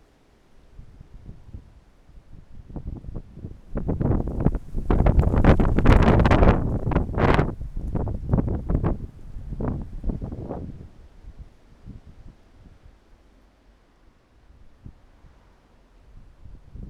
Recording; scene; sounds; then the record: everyday scene through a hearing-aid microphone; wind on the microphone; wind, traffic, birds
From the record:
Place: suburban garden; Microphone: behind the ear, right, front